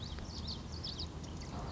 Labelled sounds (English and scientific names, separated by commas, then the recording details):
Common Yellowthroat (Geothlypis trichas)
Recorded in Sonoma County, California